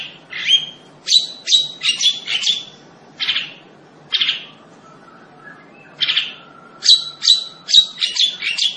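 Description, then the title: Long-tailed shrike song of bright, harsh chirps given singly and in quick clusters, with short pauses between bursts and a low hiss beneath. Singing lively, described in the local term gacor. "Cendet Gacor"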